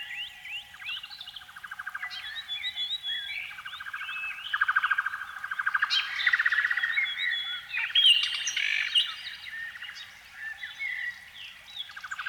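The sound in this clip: Canary song with rolling buzzy trills alternating with quick chirps and whistled slurs, continuous throughout, over a faint steady hum.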